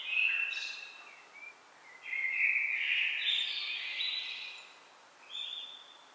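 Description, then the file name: Common blackbird song: two flowing warbled phrases, the second rising into a high twittering flourish, followed by the start of a further phrase. "Turdus merula"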